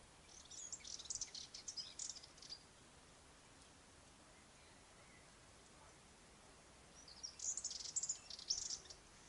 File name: sylvia subalpina